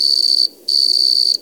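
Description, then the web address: Cricket giving a shrill, steady high trill in two long bursts split by a brief pause. "E-MU Producer Series Vol 3 – Hollywood Sound Effects Water Insects 1 CRICKET"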